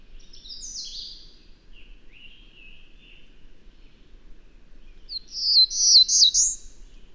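Bird song: a high descending twitter, a pause of soft lower warbles, then a loud, quick, chattering high phrase near the end.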